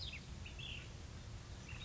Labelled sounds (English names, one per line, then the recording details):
Ash-throated Flycatcher
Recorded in Sonoma County, California